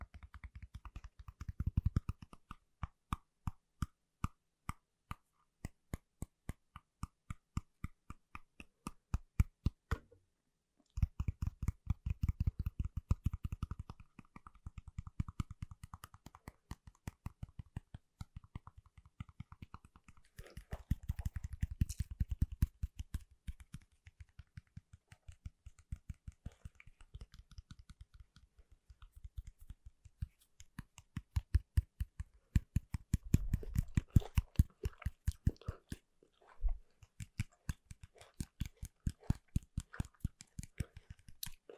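Fingers tap on Apple gear, keyboards, boxes and cases, in dense, fast runs of crisp clicks with a deep thump under many of them. The tapping comes in bursts of changing speed and weight, with brief pauses near 10, 20 and 36 seconds.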